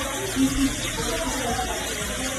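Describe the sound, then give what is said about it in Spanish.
Floodwater seeps and trickles steadily through the walls and electrical sockets of a house, a continuous hissing wash of running water with faint gurgles, with no voices. “La cantidad de agua es tal que en algunas casas, como la imagen a la que corresponde este sonido, ese agua se cuela por las paredes y los enchufes de las viviendas ante ríos y embalses que están al límite y suelos incapaces de absorber nada más.”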